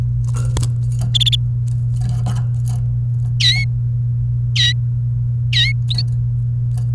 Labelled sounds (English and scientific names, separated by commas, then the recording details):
Domestic Canary (Serinus canaria) song
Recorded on 28 April 2018 at 11:33
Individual llb3